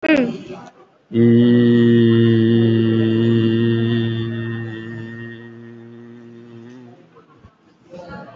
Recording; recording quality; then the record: sustained vowel as in beet; excellent, no background noise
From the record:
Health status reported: COVID-19 positive, moderate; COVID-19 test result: positive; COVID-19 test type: RT-PCR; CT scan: taken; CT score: 5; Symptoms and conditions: cough, cold, breathing difficulty, sore throat, fever, fatigue, muscle pain, loss of smell and taste, pneumonia, another condition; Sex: male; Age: 60 years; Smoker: yes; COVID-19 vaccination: none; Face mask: worn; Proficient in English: yes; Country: India